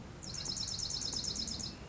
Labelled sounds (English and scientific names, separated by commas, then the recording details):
Dark-eyed Junco (Junco hyemalis)
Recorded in Sonoma County, California